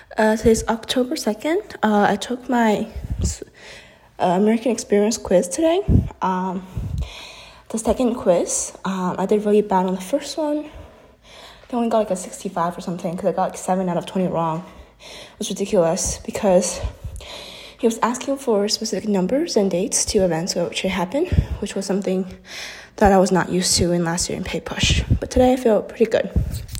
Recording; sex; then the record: free speech after running; female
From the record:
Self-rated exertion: vigorous exertion (4 of 6); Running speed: 6 miles an hour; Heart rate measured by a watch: 133 beats a minute at the start, 131 at the end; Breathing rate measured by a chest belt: 15 breaths a minute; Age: 18 years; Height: 171 cm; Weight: 75 kg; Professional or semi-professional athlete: no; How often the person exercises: 1 to 2 times a week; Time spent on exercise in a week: under 1 hour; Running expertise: no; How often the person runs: 1 to 2 times a week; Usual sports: running, fencing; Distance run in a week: 3 km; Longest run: 21.3 km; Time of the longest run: 190 minutes